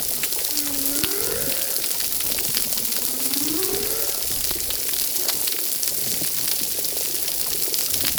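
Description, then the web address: Humpback whale song: two slow, tonal units sweeping up, the first then arching down, over a constant crackle of underwater clicks and hiss. Humpback whales at a reef. "Brigitte RECIFS Recif 10 Humpback Whales"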